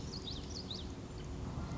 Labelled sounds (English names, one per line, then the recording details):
Common Yellowthroat
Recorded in Sonoma County, California